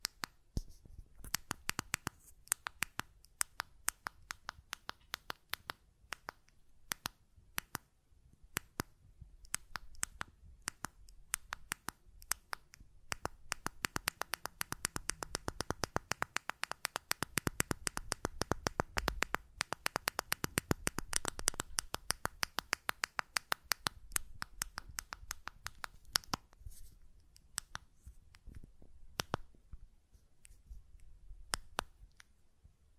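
Buttons click and tap in a fast, uneven stream of sharp, bright snaps for the whole 33 seconds. The clicks come thickest around the middle, from roughly 14 to 26 seconds, where a soft low rumble also rises beneath them, then thin out toward the end.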